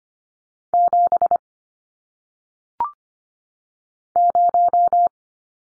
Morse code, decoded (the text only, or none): 7 0